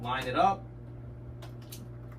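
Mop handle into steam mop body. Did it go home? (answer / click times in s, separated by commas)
yes / 1.7 s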